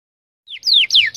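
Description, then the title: Songbird singing a quick series of four high, clear whistled notes, each sliding downward, delivered in rapid succession after a brief silence. Birdsong used for tutoring birds to learn songs (masteran). "MASTERAN BURUNG 2"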